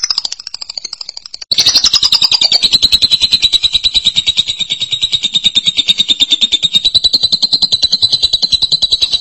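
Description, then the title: Lovebird chatter: a fast pulsed buzzy trill, softer at first, then surging loud and carrying on steadily at a high, slightly wavering pitch. "BM Suara Burung Lovebird"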